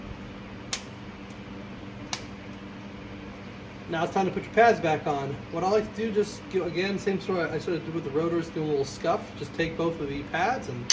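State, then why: Seated. Greased brake caliper guide pins on a Land Rover Discovery 2 caliper are pushed back into their bores in the caliper bracket until each rubber boot catches. Two small, sharp clicks are heard at 0.7 s and 2.1 s as the boots seat, then someone talks from about 4 s on.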